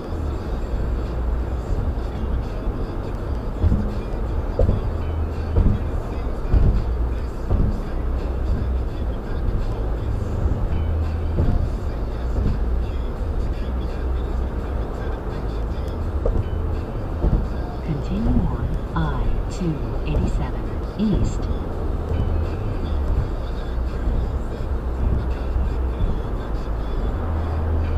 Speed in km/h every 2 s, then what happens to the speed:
113, 113, 111, 113, 113, 113, 113, 113, 113, 111, 113, 111, 111, 111.
0-28 steady at about 113.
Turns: none.